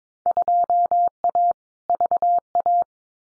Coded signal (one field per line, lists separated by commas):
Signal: Morse code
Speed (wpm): 22 wpm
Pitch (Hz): 700 Hz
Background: none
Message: 2A VA